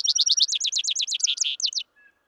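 Vesper sparrow song in its trilled section: a fast run of bright, sweet notes lasting under two seconds, ending in a few separate chips.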